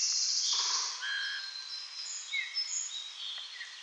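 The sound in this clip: Bird calls: several thin whistled notes and short chirps at scattered pitches over a steady hiss, with a brief louder buzzy burst at the start.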